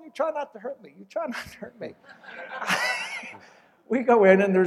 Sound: laughter